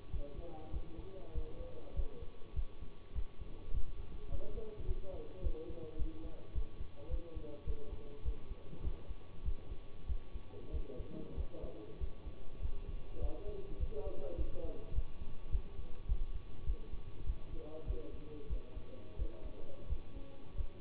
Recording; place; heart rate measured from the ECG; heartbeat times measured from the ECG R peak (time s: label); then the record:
heart sounds by stethoscope; between the tricuspid and mitral areas; 100 bpm
0.11 s: heartbeat
0.71 s: heartbeat
1.33 s: heartbeat
1.94 s: heartbeat
2.54 s: heartbeat
3.13 s: heartbeat
3.71 s: heartbeat
4.29 s: heartbeat
4.85 s: heartbeat
5.41 s: heartbeat
5.97 s: heartbeat
6.53 s: heartbeat
7.08 s: heartbeat
7.65 s: heartbeat
8.23 s: heartbeat
8.82 s: heartbeat
9.43 s: heartbeat
10.06 s: heartbeat
10.71 s: heartbeat
11.35 s: heartbeat
11.98 s: heartbeat
12.60 s: heartbeat
13.19 s: heartbeat
13.78 s: heartbeat
14.35 s: heartbeat
14.93 s: heartbeat
15.50 s: heartbeat
16.06 s: heartbeat
16.64 s: heartbeat
17.24 s: heartbeat
17.85 s: heartbeat
18.48 s: heartbeat
19.17 s: heartbeat
19.87 s: heartbeat
20.55 s: heartbeat
From the record:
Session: bicycle stress test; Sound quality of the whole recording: good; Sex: male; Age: 24 years